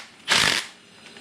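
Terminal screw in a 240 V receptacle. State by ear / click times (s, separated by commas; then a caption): stripped / none. A right-size bit is torqued into the terminal screw of a second 240 V receptacle, and the screw holds longer than the first one did before the inside of its metal hex socket strips out. A brief harsh, broadband grinding rasp is heard from about 0.3 to 0.6 seconds, then it fades to quiet. Nothing has seated or clicked; the hex socket is stripped.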